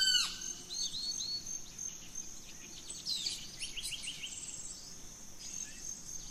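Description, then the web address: Birds: bird chorus with a loud descending whistle at the start, then clusters of rapid high chirps and trills over a persistent high insect drone. Dawn chorus of birds in rainforest at Gran Sabana, Venezuela. "Birds in the Rainforest 03 Dawn Venezuela Gran Sabana"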